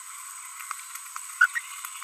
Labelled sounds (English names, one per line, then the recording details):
Green-rumped Parrotlet babbling
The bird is a female
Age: 30 days
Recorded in a nest box in Venezuela
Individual 17B42B3